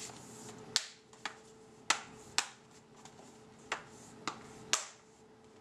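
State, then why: Seated. The plastic bottom cover of a Lenovo IdeaPad 320 laptop is pressed back onto the chassis without much force, and its clips snap in one after another. Six sharp snaps are heard at 0.8, 1.9, 2.4, 3.7, 4.3 and 4.7 seconds over a low steady hum. The cover is seated.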